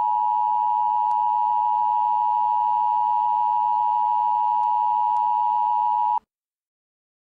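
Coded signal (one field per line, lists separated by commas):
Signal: Emergency Alert System (SAME) tones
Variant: 853 and 960 Hz attention tone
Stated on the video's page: Reenactment mock of a shelter-in-place warning, remade in BMH style.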